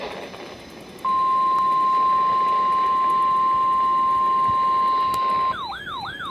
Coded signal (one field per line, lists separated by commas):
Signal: Emergency Alert System (SAME) tones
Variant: 1050 Hz attention tone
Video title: The Rest of July: Part 1... (EAS #183-196)